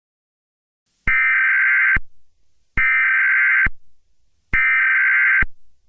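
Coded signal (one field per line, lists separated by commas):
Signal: Emergency Alert System (SAME) tones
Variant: header bursts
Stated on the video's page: Fictional EAS scenario set in Grand Theft Auto locations, made with Wondershare Filmora.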